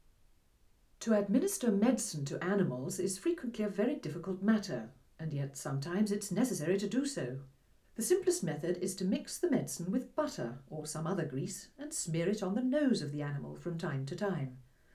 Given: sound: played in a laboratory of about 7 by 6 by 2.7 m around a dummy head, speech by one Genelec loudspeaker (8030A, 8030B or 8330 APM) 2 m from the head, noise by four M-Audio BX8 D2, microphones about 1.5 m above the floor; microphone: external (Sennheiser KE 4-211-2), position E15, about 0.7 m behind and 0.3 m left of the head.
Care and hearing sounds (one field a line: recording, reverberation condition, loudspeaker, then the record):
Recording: female speech in English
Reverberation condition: low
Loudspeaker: 90 degrees to the left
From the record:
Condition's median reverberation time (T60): about 310 ms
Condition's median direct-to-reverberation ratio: about 3.5 dB